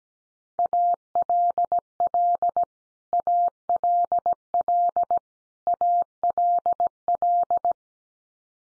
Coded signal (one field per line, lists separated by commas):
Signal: Morse code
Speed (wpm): 17 wpm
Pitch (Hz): 700 Hz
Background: none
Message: ALL ALL ALL